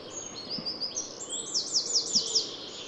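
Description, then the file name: Eurasian wren song: a fast, high-pitched run of thin twittering notes ending in a sharp rattling trill, over a steady hiss of background noise. "Troglodytes troglodytes"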